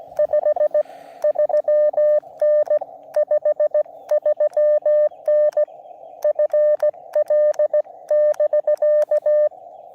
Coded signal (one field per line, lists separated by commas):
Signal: Morse code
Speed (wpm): 16 wpm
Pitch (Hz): 600 Hz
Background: none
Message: 53N 53N FL<BK>